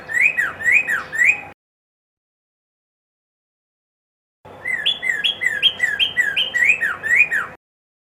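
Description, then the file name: Red-crested cardinal singing short looping whistled phrases, a brief burst, a pause of about three seconds, then a longer varied run. Song variation 3. "suara kicauan burung red crested cardinal variasi 3 omkicau"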